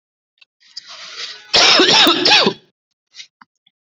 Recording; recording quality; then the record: heavy voluntary cough; excellent, no background noise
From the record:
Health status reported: COVID-19 positive, mild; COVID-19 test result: positive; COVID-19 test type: RT-PCR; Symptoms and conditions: cold, fever, muscle pain, diabetes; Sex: male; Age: 32 years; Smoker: no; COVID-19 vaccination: one dose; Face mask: not worn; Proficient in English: yes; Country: India